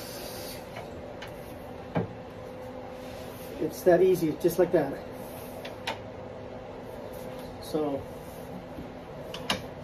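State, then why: Seated. Someone talks while the folding support of a collapsible dining table is moved into its open position. It locks with a sharp double click at 9.3 and 9.5 seconds, snapping securely in place.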